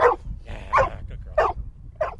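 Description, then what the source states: Golden retriever barking: four sharp barks over a low background rumble. Ricochet, a female golden retriever, barking as owner Scott Vickery motivates her before a dock-diving practice jump into an above-ground pool; open field, sunny day, near Belvedere.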